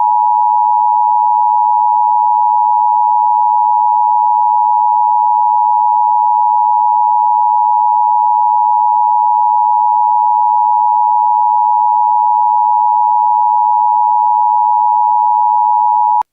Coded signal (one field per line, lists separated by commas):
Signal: Emergency Alert System (SAME) tones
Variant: 853 and 960 Hz attention tone